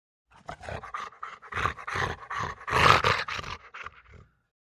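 Rottweiler giving a run of short, rough, breathy bursts, some louder than others, with brief gaps between them.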